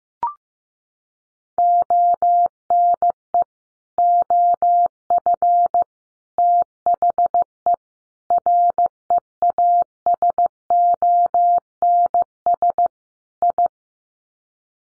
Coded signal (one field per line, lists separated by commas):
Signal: Morse code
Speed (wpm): 15 wpm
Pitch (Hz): 700 Hz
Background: none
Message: ONE OF THE REASONS I